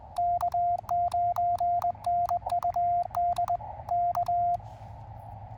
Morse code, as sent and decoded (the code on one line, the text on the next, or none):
-.- ----. -. ..- -.. / -.-
K9NUD K